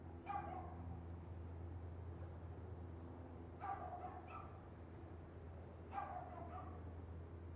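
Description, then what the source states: Dog producing three separate bursts of sharp double yaps, roughly three seconds apart, over a constant low drone. Constant yapping dog heard as neighbourhood background ambience.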